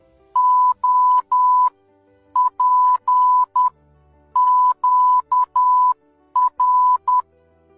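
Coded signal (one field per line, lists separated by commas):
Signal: Morse code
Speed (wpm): 10 wpm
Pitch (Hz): 1000 Hz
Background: none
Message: OPQR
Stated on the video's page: Morse code sent by tapping out sounds, demonstrated by a safety equipment maker.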